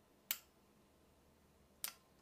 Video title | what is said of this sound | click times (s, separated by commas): New Marlin Model 1894 Lever Action 44 Mag Review | Very definite, and I just love that sound. | 0.3 s, 1.8 s